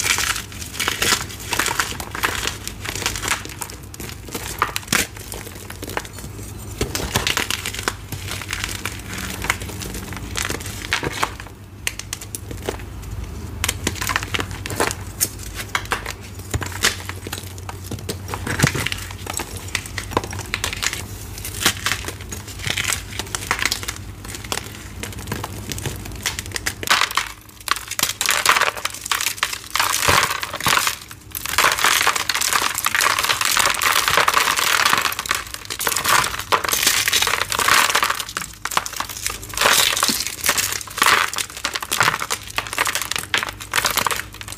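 Blocks of gym chalk are crushed, giving a dense, continuous run of dry crunches and crinkles. A low hum sits underneath during the first half. Around the 27-second mark the crushing grows louder and brighter, staying intense to the end.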